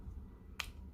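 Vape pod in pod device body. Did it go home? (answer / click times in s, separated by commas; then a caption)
released / 0.6 s. A plastic vape pod in an Aspire Cobble pod device is pushed up to release it from the vape body, giving a single sharp snap at 0.6 s. The pod pops right out of the device against a quiet low background hum.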